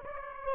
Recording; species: mosquito wingbeat signal from an infrared sensor; Aedes aegypti